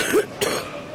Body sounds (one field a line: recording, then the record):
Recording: coughing mixed with background sound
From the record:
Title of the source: 31 night wet cough